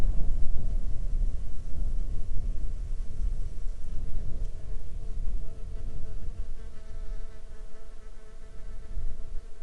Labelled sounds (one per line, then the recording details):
wind
insects
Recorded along the Dempster Highway, Canada, on 17 July 2020 at 12:01
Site 17